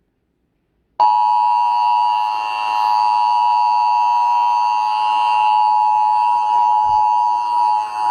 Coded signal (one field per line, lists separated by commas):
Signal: Emergency Alert System (SAME) tones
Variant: 853 and 960 Hz attention tone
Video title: EAS # 13 | RMT for DMV (Dec 2020) - @RoadLeaks